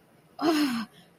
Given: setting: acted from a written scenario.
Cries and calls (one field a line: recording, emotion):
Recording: vocal sound without words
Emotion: shame